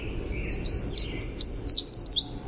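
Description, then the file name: Winter wren singing a brief burst of high, jumbled twittering notes, quick and bubbling with no pauses. "WIWR song"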